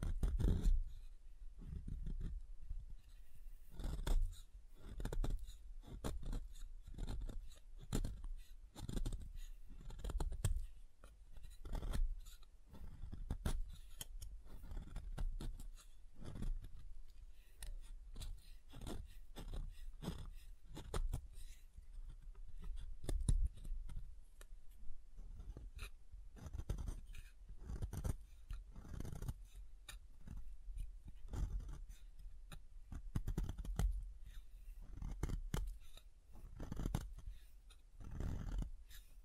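Soap being tapped and carved, with dense, irregular soft knocks and crisp cutting scrapes continuing steadily throughout, punctuated by heavier low thuds.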